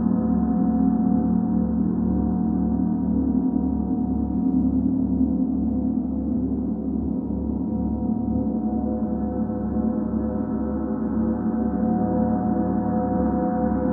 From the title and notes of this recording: Her sessions were recorded in her apartment in Green Hills where she holds sessions. She usually plays planetary gongs which as I learned are gongs tuned to a specific frequency and have a more controlled sound. For this session, Rosan used a single Pluto gong for this recording.